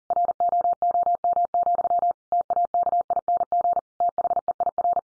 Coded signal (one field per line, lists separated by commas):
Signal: Morse code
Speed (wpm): 40 wpm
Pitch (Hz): 700 Hz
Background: none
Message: ROOM, TAKING THEIR